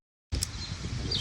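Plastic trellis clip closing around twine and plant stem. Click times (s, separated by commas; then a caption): 0.4 s. A plastic tomato clip is closed around twine and a cucumber stem just below a leaf, snapping into place at 0.4 s. After silence, the sound starts at about 0.3 s with a soft handling noise, then the sharp snap. Steady background noise with faint bird chirps follows, and there is a brief bright rustle near 1.1 s.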